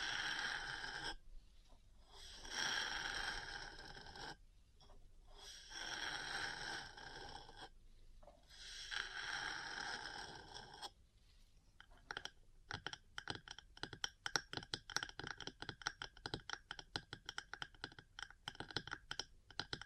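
Metal parts scrape and scratch in long grinding strokes for the first eleven seconds, each pass a few seconds long with short pauses between. After that the sound turns to a rapid run of sharp, bright taps and clicks, dense and uneven, continuing to the end.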